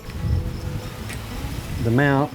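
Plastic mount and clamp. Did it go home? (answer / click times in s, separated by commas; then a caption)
no / none. A camera quick-release mount is lined up and slid toward a tripod clamp base after it looks backwards, with soft low handling rumble while someone talks. Nothing has snapped or seated yet.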